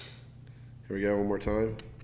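A magnetic attachment is handled at a dent repair tool, about to be fitted on a second time. Someone talks over faint background noise, and nothing has clicked or seated yet by the end of the clip.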